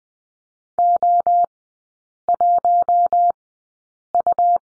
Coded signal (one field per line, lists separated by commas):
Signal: Morse code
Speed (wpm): 20 wpm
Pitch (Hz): 700 Hz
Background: none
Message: O1U